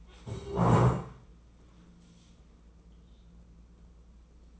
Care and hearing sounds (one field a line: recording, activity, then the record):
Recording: daily activity, microphone in the room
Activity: stand up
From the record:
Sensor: 1